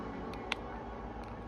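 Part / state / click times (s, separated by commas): plastic spray nozzle onto aerosol air freshener can / seated / 0.5 s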